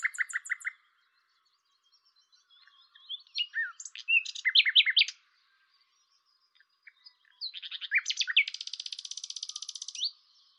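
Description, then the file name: Common nightingale with three phrases split by pauses: a short repeated-note burst, a varied chattering phrase, then a fast buzzy trill. "Luscinia megarhynchos"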